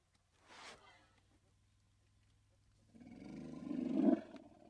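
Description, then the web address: Elephant growl: a brief quiet burst, then a low, rough growl that swells over about a second before fading, with one faint click. Elephants growling, in undergrowth. "BBC Elephants"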